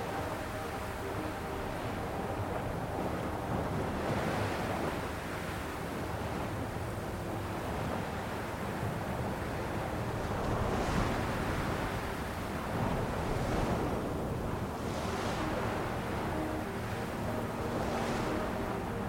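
Waves wash in steadily, a dense, constant rush with a deep rumble underneath, like wind buffeting. Brighter splashes break through around eleven, thirteen, fifteen and seventeen seconds as individual waves crash, while the overall loudness stays nearly even.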